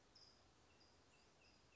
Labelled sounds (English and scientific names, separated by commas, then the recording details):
California Towhee (Melozone crissalis)
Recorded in Sonoma County, California